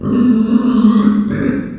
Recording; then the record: squeal of a Yucatan mini pig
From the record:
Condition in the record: after surgery on the right vocal fold (resection and tissue-engineered implant); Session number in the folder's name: 9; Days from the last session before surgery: 65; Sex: female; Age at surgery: 19 weeks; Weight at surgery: 25 kg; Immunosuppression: prednisolone